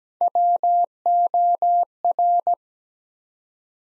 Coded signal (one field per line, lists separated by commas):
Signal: Morse code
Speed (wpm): 17 wpm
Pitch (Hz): 700 Hz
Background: none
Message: WOR